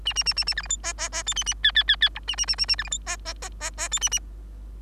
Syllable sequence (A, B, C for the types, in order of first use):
A A A A A B C D E E E F A A G G G G H A A A A A B C D E E E E E F A A